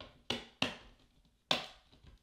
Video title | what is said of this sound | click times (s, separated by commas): How To Install a NVMe SSD to a Mac Mini (Late 2014 Model) - SUPER QUICK & EASY | Press them down. Snaps into place. | 0.3 s, 0.6 s, 1.5 s